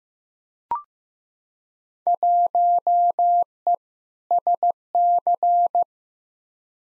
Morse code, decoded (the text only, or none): 1E SC